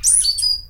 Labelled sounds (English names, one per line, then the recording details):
Stitchbird song
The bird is a male
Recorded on Tiritiri Matangi Island, New Zealand, in 2005
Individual 22, of nest box 31